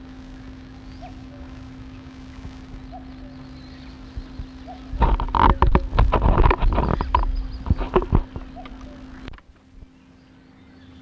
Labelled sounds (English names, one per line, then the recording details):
Edible Frog call
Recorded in the wild
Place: Mühlenbecker Land, Brandenburg, DE
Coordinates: 52.6769, 13.355
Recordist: Günther, Rainer